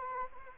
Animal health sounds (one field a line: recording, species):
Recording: mosquito wingbeat signal from an infrared sensor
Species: Anopheles arabiensis